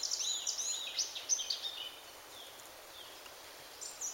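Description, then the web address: Eurasian blackcap song, a quick burst of high, jumbled warbling notes for about two seconds, then quieter hiss with a few faint notes near the end. "SETE data Sylvia atricapilla"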